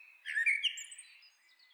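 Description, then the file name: Common blackbird singing one short phrase, a slurred warble that rises into a thin, high squeaky flourish and then fades. "Turdus merula"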